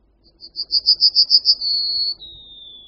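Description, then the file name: Yellowhammer singing a phrase of quick, high repeated notes that swell in volume, followed by a sustained note and then a lower, fading drawn-out note. "Strnad-obecný"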